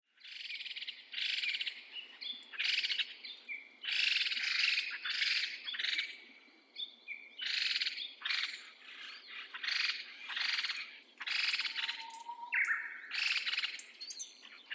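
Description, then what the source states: Masked laughingthrush uttering loud, rasping squawks and chatter in irregular bursts, overlapping scratchy notes throughout, with a brief lower whistled note near the twelve-second mark. Recorded on 14 April 2019.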